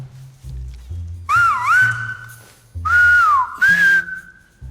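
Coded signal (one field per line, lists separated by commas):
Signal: whistled language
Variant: Silbo Gomero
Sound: two short gliding whistles around 1.5 kHz, rising and dipping like spoken syllables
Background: low hum or drone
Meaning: The whistled word means mom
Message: mamá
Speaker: Today you will do your first word in the whistling language, which is mamá.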